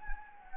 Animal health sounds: mosquito wingbeat signal from an infrared sensor; Anopheles gambiae

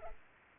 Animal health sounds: mosquito wingbeat signal from an infrared sensor; Culex pipiens

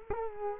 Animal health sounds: mosquito wingbeat signal from an infrared sensor; Culex quinquefasciatus

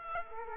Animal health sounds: mosquito wingbeat signal from an infrared sensor; Culex quinquefasciatus

